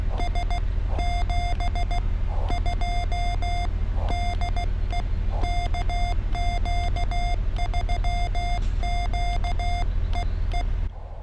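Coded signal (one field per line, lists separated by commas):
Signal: Morse code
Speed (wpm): 16 wpm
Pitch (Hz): 2100 Hz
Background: none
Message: S 72 DE KQ3Q EE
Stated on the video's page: YL CW POTA activation at Biscayne National Park using a mast-mounted antenna on a hot day.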